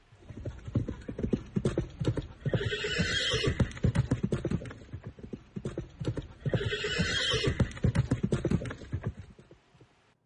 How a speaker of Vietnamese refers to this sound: mọi người lên ngựa rời Thẩm Châu phi nước Đại về phía Bắc.